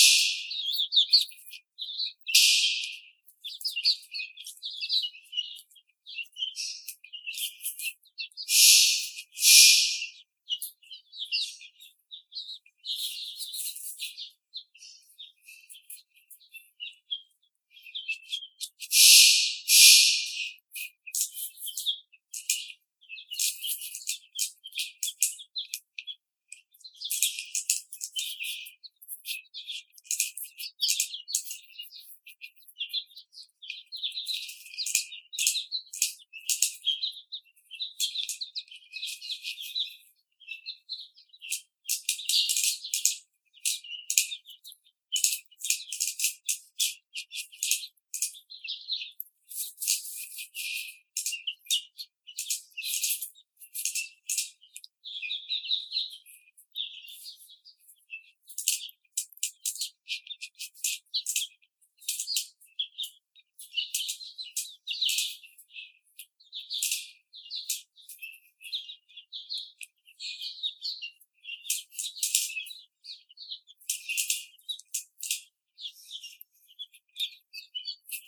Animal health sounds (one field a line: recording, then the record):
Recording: young laying hens in a cage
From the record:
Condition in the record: after the stressor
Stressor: simulated dog barking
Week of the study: 4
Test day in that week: 2